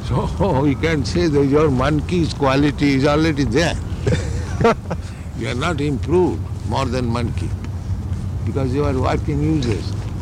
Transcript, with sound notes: So we can say that your monkey's quality is already there. [laughter] You have not improved more than monkey, because you are working uselessly.